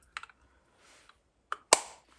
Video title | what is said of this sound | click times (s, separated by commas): Airgun Sunday? or does Viejo just have gas? | and that just snaps back into place | 1.7 s